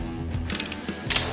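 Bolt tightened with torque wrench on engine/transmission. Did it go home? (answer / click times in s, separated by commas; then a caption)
yes / 1.1 s, 1.2 s. A torque wrench tightens bolts to the correct torque on the engine and transmission assembly of a 1969 Camaro getting a new engine. A few ratchet-like clicks sound around 0.5 to 0.7 s, then a louder double click at 1.1 s and 1.2 s as the wrench breaks at its torque setting.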